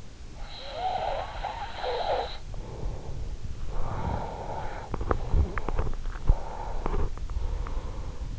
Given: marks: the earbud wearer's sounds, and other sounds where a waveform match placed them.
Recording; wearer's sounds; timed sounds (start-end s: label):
sounds in sleep by an in-ear microphone; snoring breath, breath, teeth grinding
0.00-2.79 s: snoring breath
3.48-5.02 s: breath
4.52-6.89 s: teeth grinding
6.19-8.30 s: breath